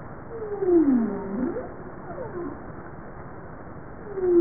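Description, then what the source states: Bowhead whale giving low tonal calls: a downsweeping moan followed by rising and falling swoops, faint overlapping tones, and another call starting at the end. Recorded 21 April 1988.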